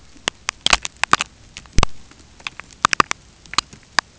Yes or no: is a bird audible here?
no